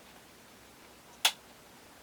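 A plastic divider/lock piece is moved from one position to another on a Shelf Reliance Harvest 72 can-rotation shelf and snapped onto the metal shelf's T tabs. After quiet background hiss, a single sharp, bright snap sounds at 1.3 s, then fades quickly. The piece is seated.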